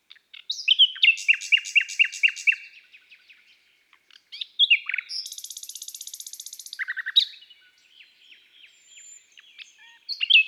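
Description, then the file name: Common nightingale song with fast repeated notes, a long buzzy high rattle, sharp downslurred chirps and quieter trailing notes between varied phrases. From an album of bird songs of woods and forests. "Rossignol philomele Chants doiseaux des bois et des forets"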